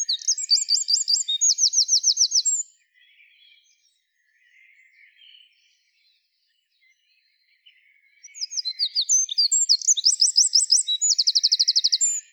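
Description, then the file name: Eurasian wren song given twice: two loud bursts of rapid, high, chattering notes and fast trills, separated by several seconds of faint chirping. "Troglodytes troglodytes"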